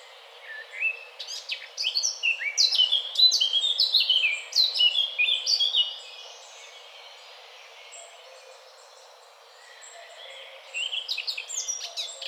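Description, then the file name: Eurasian blackcap song: rapid, varied warbling phrases of chirps and whistles for about five seconds, a quiet pause, then another warbled burst near the end. "Sylvia atricapilla"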